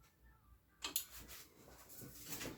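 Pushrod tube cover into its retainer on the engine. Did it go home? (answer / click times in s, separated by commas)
yes / 0.8 s, 1.0 s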